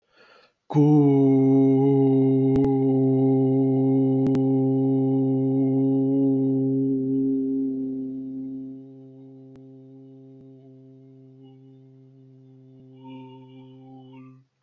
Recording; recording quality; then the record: sustained vowel as in boot; excellent, no background noise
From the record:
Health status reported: healthy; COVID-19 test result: not tested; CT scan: not taken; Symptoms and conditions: none ticked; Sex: male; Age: 37 years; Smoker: no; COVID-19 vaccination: both doses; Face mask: not worn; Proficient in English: yes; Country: India